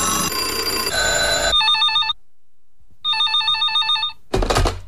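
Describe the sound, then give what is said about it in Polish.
A radio station's newsroom telephone rings in two electronic bursts of rapidly warbling, high-pitched tones separated by a short silence, following a loud stretch of music and ending with another musical hit. “Nasz redakcyjny telefon czeka. Radio kanał dla ciebie. Zadzwoń. No, dzwoń.”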